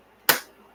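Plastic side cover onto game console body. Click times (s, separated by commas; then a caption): 0.3 s. The plastic side cover of a PS5 is pressed back onto the console body until it snaps into place. A single sharp, bright snap at 0.3 s rises out of near silence and decays quickly, confirming the cover is seated.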